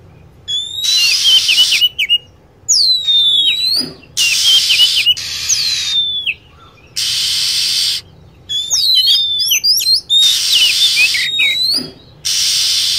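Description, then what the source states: Lovebird sharp chirps sliding downward in pitch, clustered between regular blocks of loud steady hissing noise about a second long. Lure sound played to attract lovebirds.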